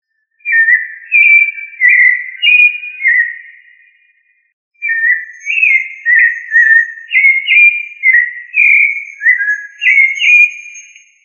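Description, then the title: Thrush singing clear whistled phrases of short slurred notes, in two bursts separated by a brief pause. "Familia Turdidae - Sabia"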